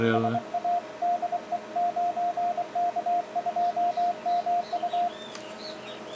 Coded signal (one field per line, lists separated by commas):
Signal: Morse code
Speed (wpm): 25 wpm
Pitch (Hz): 700 Hz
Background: speech, radio noise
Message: SA DE 9K2MU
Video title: 9K2MU KUWAIT ON 150M CW